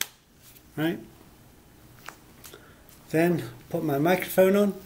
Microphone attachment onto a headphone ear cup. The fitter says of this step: and I can attach it to the left side just by clicking into place right